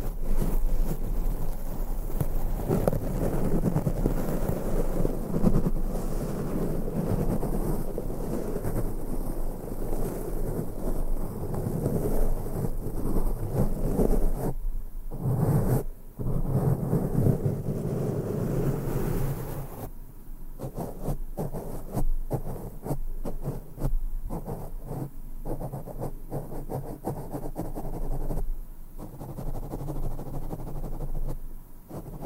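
Continuous brushing and rubbing against a microphone, a dense, rumbling low scrape that keeps churning with no pauses and no voice. Around fifteen and twenty seconds the strokes turn choppier and more broken up, and the sound thins slightly toward the end.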